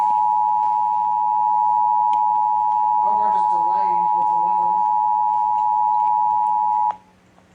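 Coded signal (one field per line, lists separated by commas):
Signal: Emergency Alert System (SAME) tones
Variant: 853 and 960 Hz attention tone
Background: speech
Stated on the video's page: Flash flood warning relayed on NOAA Weather Radio and several broadcast stations.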